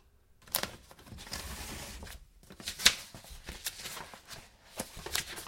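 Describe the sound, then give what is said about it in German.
Paper being loaded into a copier: the flap is opened and a stack of new sheets rustles and shuffles in short bursts as it is put in, with a sharp click partway through and quieter handling noises in between. “Du musst als erstes die Klappe aufmachen. Dann legst du das neue Papier ein, aber nicht zu viel.”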